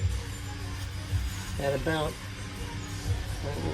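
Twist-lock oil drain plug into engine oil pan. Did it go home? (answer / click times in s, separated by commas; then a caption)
no / none. A plastic twist-lock oil drain plug is being lined up on the engine oil pan of a 2018 Ford F150 5.0 engine, with its notch set at about 6 or 7 o'clock before it is pressed in and turned. Someone talks over background music and a low pulsing hum. Nothing has seated or clicked yet.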